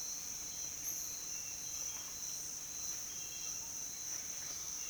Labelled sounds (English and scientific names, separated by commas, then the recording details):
none
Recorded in dense forest near Puerto Asís, Putumayo, Colombia, on 29 June 2025 at 07:00
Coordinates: 0.484, -76.325
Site H65